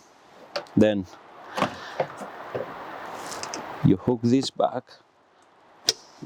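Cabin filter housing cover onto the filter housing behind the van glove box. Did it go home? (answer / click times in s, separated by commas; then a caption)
yes / 5.9 s. On a 2017 Ford Transit Custom van, the cabin pollen filter is pushed in behind the glove box, then the filter housing cover is hooked back and pressed onto the housing while someone talks. At 5.9 s one sharp, loud click is heard as the cover latches shut and seats.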